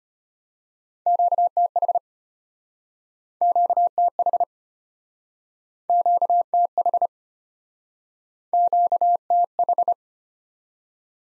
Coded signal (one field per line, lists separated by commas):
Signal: Morse code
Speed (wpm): 33 wpm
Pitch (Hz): 700 Hz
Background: none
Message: QTH QTH QTH QTH